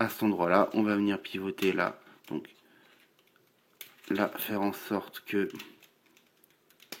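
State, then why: Seated. Someone talks while transforming a plastic Transformers Masterpiece MP12G Sideswipe G2 robot toy (KO version) into its car mode, pivoting a plastic panel on a double pivot into its notch in the toy's body. Light plastic handling taps are heard between the speech. The part clips firmly into place with a sharp click at 6.9 s.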